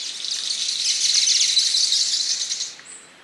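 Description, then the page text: King of Saxony bird-of-paradise giving a high, harsh hissing buzz like crackling static, sustained for under three seconds, then a brief thin high whistle. "Чешуйчатая райская птица - King of Saxony Bird-of-paradise (Pteridophora alberti). The Birb"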